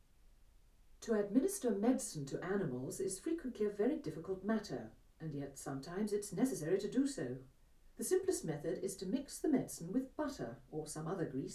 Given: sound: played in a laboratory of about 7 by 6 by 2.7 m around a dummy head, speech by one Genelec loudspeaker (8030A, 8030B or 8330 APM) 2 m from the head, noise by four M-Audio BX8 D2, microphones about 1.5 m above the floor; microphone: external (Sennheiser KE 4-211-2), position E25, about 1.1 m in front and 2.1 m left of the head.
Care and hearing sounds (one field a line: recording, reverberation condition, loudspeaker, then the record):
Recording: female speech in English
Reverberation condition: low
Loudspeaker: 150 degrees to the right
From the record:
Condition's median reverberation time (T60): about 310 ms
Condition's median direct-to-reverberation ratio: about 3.5 dB